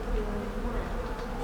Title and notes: Rue des Têtes, Béziers, France - Bees - abeilles. Essaim d'abeilles, passants au langage peu soutenu